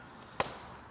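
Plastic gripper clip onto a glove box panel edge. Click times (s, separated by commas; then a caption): 0.4 s. A small plastic gripper clip is pressed onto the edge of a scooter's glove box panel and snaps into place. A single sharp snap is heard at 0.4 s against quiet background noise, and the clip seats.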